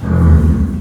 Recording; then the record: squeal of a Yucatan mini pig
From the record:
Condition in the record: after surgery on the right vocal fold (resection and tissue-engineered implant); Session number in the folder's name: 16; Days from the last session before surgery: 183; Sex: female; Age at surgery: 19 weeks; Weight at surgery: 25 kg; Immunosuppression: prednisolone